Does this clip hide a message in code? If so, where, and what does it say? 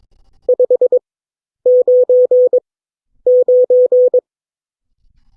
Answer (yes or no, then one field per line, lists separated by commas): yes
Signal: Morse code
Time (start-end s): 0.5-4.2 s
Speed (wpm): 22 wpm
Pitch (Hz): 500 Hz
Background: none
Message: 599